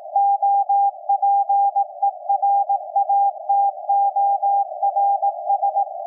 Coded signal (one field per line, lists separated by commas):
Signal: Morse code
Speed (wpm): 18 wpm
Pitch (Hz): 800 Hz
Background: none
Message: OPERATORS